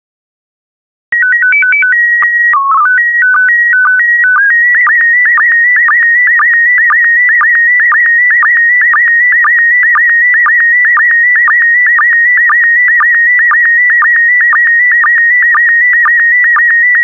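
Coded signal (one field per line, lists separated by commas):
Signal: SSTV (slow-scan television)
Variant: PD120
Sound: brief warbling start tones, then steady buzzing scan with rhythmic clicks twice a second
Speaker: Five, four, three, two, one. Thank you. Transmission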